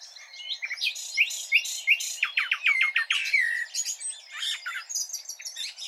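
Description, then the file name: Common nightingale song: a stream of varied chirps, rising slurred whistles and quick clicking notes. "Luscinia megarhynchos"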